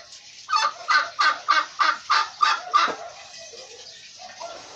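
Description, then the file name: Turkey giving a rapid run of eight gobbling pulses lasting about two and a half seconds, then quieter background hiss. "canto do peru"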